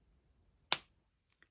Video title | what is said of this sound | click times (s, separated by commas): Stampin' Up! Blessings of Home Patch Card | hear the click and | 0.7 s